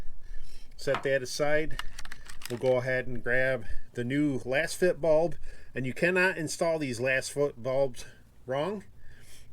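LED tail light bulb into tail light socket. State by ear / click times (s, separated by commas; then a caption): not seated / none. Someone talks while handling a new Lasfit LED tail light bulb for a 2022 Ford Maverick, with the stock bulb set aside, as it is brought to the truck's plastic tail light bulb socket. Light handling and tapping sounds are heard under the speech. The bulb has not snapped into the socket yet, and nothing has seated or clicked.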